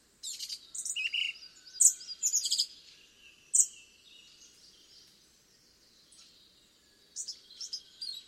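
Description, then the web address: Song thrush song: high, varied phrases of sharp chirps and whistles early on, a lone note, then a long hush before one more brief phrase at the end. "cianscape birddata Deverinetal 2025"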